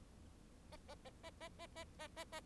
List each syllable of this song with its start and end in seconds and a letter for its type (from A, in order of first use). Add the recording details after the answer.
0.72-0.77 A, 0.88-0.95 A, 1.05-1.10 A, 1.23-1.30 A, 1.40-1.48 A, 1.59-1.67 A, 1.76-1.84 A, 1.99-2.08 A, 2.16-2.25 A, 2.32-2.40 A. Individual Bird4